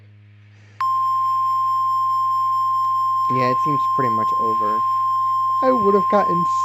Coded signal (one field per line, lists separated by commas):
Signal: Emergency Alert System (SAME) tones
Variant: 1050 Hz attention tone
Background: speech